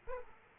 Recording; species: mosquito wingbeat signal from an infrared sensor; Aedes aegypti